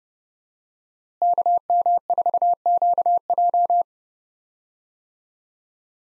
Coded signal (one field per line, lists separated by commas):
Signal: Morse code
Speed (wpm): 30 wpm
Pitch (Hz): 700 Hz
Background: none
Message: KM4QJ